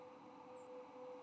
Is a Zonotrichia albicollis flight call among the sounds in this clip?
no